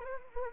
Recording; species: mosquito wingbeat signal from an infrared sensor; Anopheles arabiensis